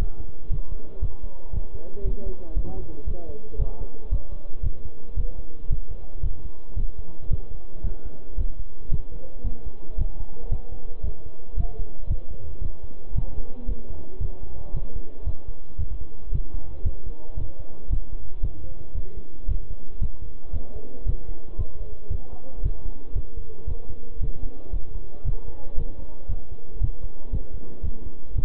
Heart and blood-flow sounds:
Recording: heart sounds by stethoscope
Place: between the tricuspid and mitral areas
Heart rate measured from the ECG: 114 bpm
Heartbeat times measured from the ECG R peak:
0.52 s: heartbeat
1.03 s: heartbeat
1.54 s: heartbeat
2.06 s: heartbeat
2.57 s: heartbeat
3.08 s: heartbeat
3.60 s: heartbeat
4.12 s: heartbeat
4.64 s: heartbeat
5.18 s: heartbeat
5.71 s: heartbeat
6.24 s: heartbeat
6.78 s: heartbeat
7.31 s: heartbeat
7.85 s: heartbeat
8.39 s: heartbeat
8.92 s: heartbeat
9.45 s: heartbeat
9.99 s: heartbeat
10.52 s: heartbeat
11.04 s: heartbeat
11.58 s: heartbeat
12.10 s: heartbeat
12.62 s: heartbeat
13.16 s: heartbeat
13.69 s: heartbeat
14.21 s: heartbeat
14.75 s: heartbeat
15.27 s: heartbeat
15.79 s: heartbeat
16.33 s: heartbeat
16.86 s: heartbeat
17.38 s: heartbeat
17.91 s: heartbeat
18.43 s: heartbeat
18.96 s: heartbeat
19.49 s: heartbeat
20.02 s: heartbeat
20.54 s: heartbeat
21.07 s: heartbeat
21.59 s: heartbeat
22.11 s: heartbeat
22.64 s: heartbeat
23.16 s: heartbeat
23.68 s: heartbeat
24.21 s: heartbeat
24.74 s: heartbeat
25.26 s: heartbeat
25.78 s: heartbeat
26.30 s: heartbeat
26.82 s: heartbeat
27.33 s: heartbeat
27.84 s: heartbeat
28.37 s: heartbeat
From the record:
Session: bicycle stress test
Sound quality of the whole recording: good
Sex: male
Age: 23 years

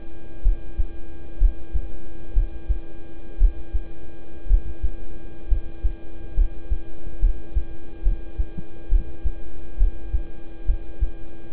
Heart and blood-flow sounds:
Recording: heart sounds by stethoscope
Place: between the tricuspid and mitral areas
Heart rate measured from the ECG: 65 bpm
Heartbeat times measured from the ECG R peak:
0.42 s: heartbeat
1.38 s: heartbeat
2.33 s: heartbeat
3.37 s: heartbeat
4.47 s: heartbeat
5.48 s: heartbeat
6.34 s: heartbeat
7.19 s: heartbeat
8.02 s: heartbeat
8.89 s: heartbeat
9.77 s: heartbeat
10.65 s: heartbeat
From the record:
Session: rest, lying down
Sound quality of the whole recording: good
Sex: male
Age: 26 years

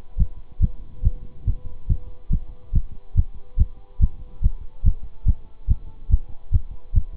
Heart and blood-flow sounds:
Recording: heart sounds by stethoscope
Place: between the tricuspid and mitral areas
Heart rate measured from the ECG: 142 bpm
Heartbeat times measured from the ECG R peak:
0.17 s: heartbeat
0.60 s: heartbeat
1.03 s: heartbeat
1.45 s: heartbeat
1.87 s: heartbeat
2.30 s: heartbeat
2.73 s: heartbeat
3.15 s: heartbeat
3.57 s: heartbeat
4.00 s: heartbeat
4.42 s: heartbeat
4.84 s: heartbeat
5.25 s: heartbeat
5.68 s: heartbeat
6.10 s: heartbeat
6.52 s: heartbeat
6.93 s: heartbeat
From the record:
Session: bicycle stress test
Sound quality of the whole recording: good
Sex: male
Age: 26 years

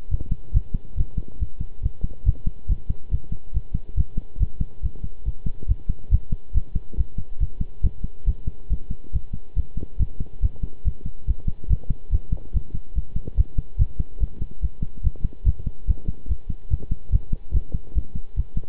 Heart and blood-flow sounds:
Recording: heart sounds by stethoscope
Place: between the tricuspid and mitral areas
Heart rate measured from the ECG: 141 bpm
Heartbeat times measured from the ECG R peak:
0.11 s: heartbeat
0.54 s: heartbeat
0.97 s: heartbeat
1.40 s: heartbeat
1.83 s: heartbeat
2.26 s: heartbeat
2.69 s: heartbeat
3.11 s: heartbeat
3.54 s: heartbeat
3.97 s: heartbeat
4.40 s: heartbeat
4.82 s: heartbeat
5.25 s: heartbeat
5.68 s: heartbeat
6.11 s: heartbeat
6.54 s: heartbeat
6.97 s: heartbeat
7.40 s: heartbeat
7.83 s: heartbeat
8.27 s: heartbeat
8.70 s: heartbeat
9.13 s: heartbeat
9.56 s: heartbeat
9.99 s: heartbeat
10.42 s: heartbeat
10.85 s: heartbeat
11.27 s: heartbeat
11.69 s: heartbeat
12.12 s: heartbeat
12.53 s: heartbeat
12.95 s: heartbeat
13.37 s: heartbeat
13.79 s: heartbeat
14.20 s: heartbeat
14.61 s: heartbeat
15.03 s: heartbeat
15.45 s: heartbeat
15.87 s: heartbeat
16.28 s: heartbeat
16.70 s: heartbeat
17.12 s: heartbeat
17.54 s: heartbeat
17.95 s: heartbeat
18.36 s: heartbeat
From the record:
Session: pedaling a stationary bicycle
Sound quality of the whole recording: good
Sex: male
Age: 23 years

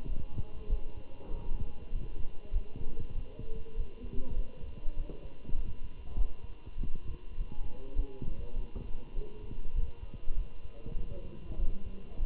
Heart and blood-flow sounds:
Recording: heart sounds by stethoscope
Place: between the tricuspid and mitral areas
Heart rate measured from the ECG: 99 bpm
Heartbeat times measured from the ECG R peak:
0.08 s: heartbeat
0.69 s: heartbeat
1.30 s: heartbeat
1.92 s: heartbeat
2.53 s: heartbeat
3.14 s: heartbeat
3.76 s: heartbeat
4.36 s: heartbeat
4.96 s: heartbeat
5.57 s: heartbeat
6.16 s: heartbeat
6.77 s: heartbeat
7.37 s: heartbeat
7.96 s: heartbeat
8.55 s: heartbeat
9.15 s: heartbeat
9.75 s: heartbeat
10.36 s: heartbeat
10.97 s: heartbeat
11.58 s: heartbeat
12.20 s: heartbeat
From the record:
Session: Bruce protocol treadmill stress test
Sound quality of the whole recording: good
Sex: male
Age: 27 years

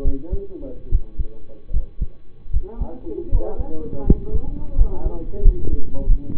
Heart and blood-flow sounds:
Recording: heart sounds by stethoscope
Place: between the tricuspid and mitral areas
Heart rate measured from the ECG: 79 bpm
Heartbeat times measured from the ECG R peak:
0.02 s: heartbeat
0.89 s: heartbeat
1.71 s: heartbeat
2.50 s: heartbeat
3.29 s: heartbeat
4.04 s: heartbeat
4.75 s: heartbeat
5.42 s: heartbeat
6.06 s: heartbeat
From the record:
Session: rest, lying down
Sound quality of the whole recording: partially saturated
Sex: male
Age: 25 years

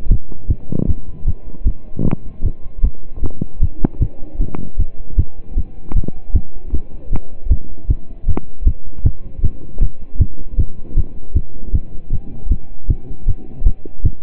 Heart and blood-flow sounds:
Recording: heart sounds by stethoscope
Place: between the tricuspid and mitral areas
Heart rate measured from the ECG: 155 bpm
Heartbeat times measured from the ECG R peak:
0.10 s: heartbeat
0.49 s: heartbeat
0.88 s: heartbeat
1.27 s: heartbeat
1.66 s: heartbeat
2.05 s: heartbeat
2.44 s: heartbeat
2.84 s: heartbeat
3.23 s: heartbeat
3.62 s: heartbeat
4.01 s: heartbeat
4.40 s: heartbeat
4.79 s: heartbeat
5.18 s: heartbeat
5.57 s: heartbeat
5.95 s: heartbeat
6.34 s: heartbeat
6.73 s: heartbeat
7.12 s: heartbeat
7.51 s: heartbeat
7.89 s: heartbeat
8.28 s: heartbeat
8.66 s: heartbeat
9.05 s: heartbeat
9.43 s: heartbeat
9.81 s: heartbeat
10.20 s: heartbeat
10.58 s: heartbeat
10.97 s: heartbeat
11.35 s: heartbeat
11.74 s: heartbeat
12.12 s: heartbeat
12.51 s: heartbeat
12.89 s: heartbeat
13.27 s: heartbeat
13.66 s: heartbeat
14.04 s: heartbeat
From the record:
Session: pedaling a stationary bicycle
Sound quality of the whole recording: partially saturated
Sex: male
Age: 27 years

